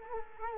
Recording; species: mosquito wingbeat signal from an infrared sensor; Culex quinquefasciatus